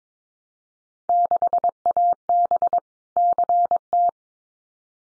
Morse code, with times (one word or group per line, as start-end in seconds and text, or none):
1.1-2.8 6AB
3.2-4.1 CT